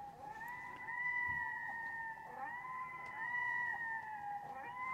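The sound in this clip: Red-throated diver wailing in long, plaintive, sustained notes, each swelling and dipping slightly in pitch before the next begins, with quiet background hiss.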